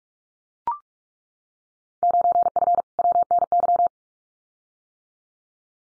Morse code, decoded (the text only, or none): 9F WNY